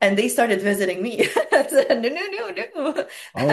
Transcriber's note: laughs